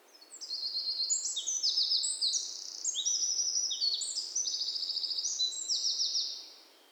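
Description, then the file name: Eurasian wren singing one sustained burst of shrill trills and quick high notes, fading away at the end. "Troglodytes troglodytes"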